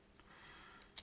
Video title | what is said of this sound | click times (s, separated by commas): The New Phiobos Apollo Watch - Striking Design - Ice Cool! | and it just comes out and clicks back in there are several clinks clicks on this rail here you can see | 1.0 s